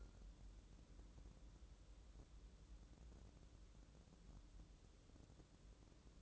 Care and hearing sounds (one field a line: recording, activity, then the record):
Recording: daily activity, microphone in the room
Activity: wipe stove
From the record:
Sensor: 3